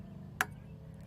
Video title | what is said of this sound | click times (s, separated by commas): Kawasaki Bayou spark plug change | then just take your spark plug wire, and then you push it on, and then you can push it till it makes a click noise. Listen, just | 0.4 s